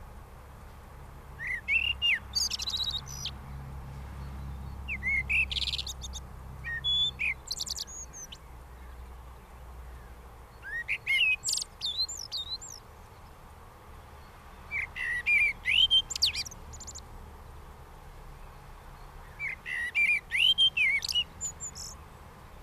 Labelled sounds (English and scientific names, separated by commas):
Common Blackbird (Turdus merula) song